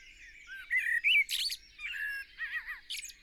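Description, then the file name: Eurasian blackbird song phrase of mellow whistled notes mixed with a high squeaky burst and wavering warbles, all within about three seconds. "Turdus merula"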